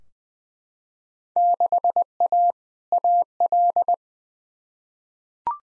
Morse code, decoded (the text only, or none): 6A AL